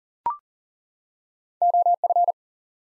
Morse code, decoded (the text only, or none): OF